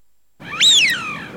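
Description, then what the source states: Eurasian wigeon whistle: one clear whistled note that climbs sharply, then slides down in pitch over about a second. Sound prepared for use in an electronic lure caller.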